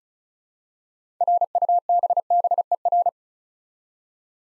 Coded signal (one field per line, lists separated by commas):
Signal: Morse code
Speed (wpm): 36 wpm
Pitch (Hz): 700 Hz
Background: none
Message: RUBBER